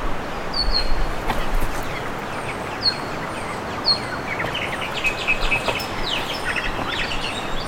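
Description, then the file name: Bird calls: thin high notes spaced a second or two apart, then a busier patch of chirps, over background noise. "SABIOD 50 bird 2015"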